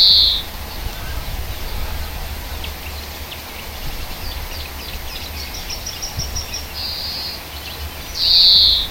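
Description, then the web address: European greenfinch singing: a loud, drawn-out nasal wheeze opens, soft rapid twittering follows, then a short buzz and another long wheeze near the end, over low rumbling background noise. Hedge habitat. "oeko hecke vogel sounds chloris chloris"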